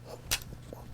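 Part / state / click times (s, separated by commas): crossbow string into trigger unit latch / seated / 0.3 s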